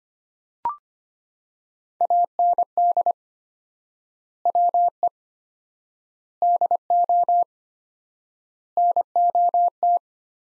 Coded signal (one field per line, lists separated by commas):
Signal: Morse code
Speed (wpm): 25 wpm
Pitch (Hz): 700 Hz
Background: none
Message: AND WE DO NOT